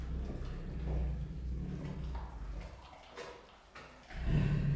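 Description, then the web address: Siberian tiger growling low and rough, easing off in the middle and returning louder after four seconds. Growling and rasping while eating; recorded at Miskolc Zoo in 2018. "allathangok miskolcizoo 2018 professzionalis sziberiai tigris morogvahorogveesznek miskolczoo"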